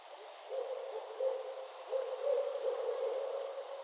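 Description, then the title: Barred owl calling in a long, wavering series of low hoots that continue steadily, with faint background noise beneath. Several owls calling during mating season in northern Michigan; traffic and occasional aircraft noise in the recording. "Barred Owl Mating Season in Northern Michigan"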